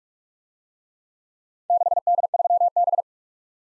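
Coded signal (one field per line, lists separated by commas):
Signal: Morse code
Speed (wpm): 44 wpm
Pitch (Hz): 700 Hz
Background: none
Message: 6D3B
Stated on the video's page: Four letter-number combinations in Morse, Speed-Racing practice format starting fast and slowing to a 30wpm base, with a final repeat at maximum speed.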